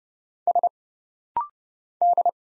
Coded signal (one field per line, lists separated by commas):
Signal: Morse code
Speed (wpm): 30 wpm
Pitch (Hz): 700 Hz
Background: none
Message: S D